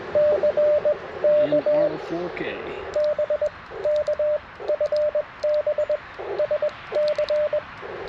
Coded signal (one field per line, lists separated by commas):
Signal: Morse code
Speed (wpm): 20 wpm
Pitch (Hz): 590 Hz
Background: speech, radio noise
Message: CK BK FB SC